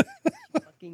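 An adult with COVID has a short coughing fit: three quick coughs in a row.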